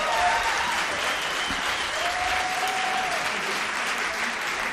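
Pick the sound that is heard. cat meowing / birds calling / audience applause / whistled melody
audience applause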